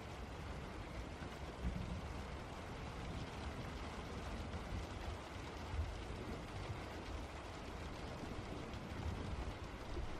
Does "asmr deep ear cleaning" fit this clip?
no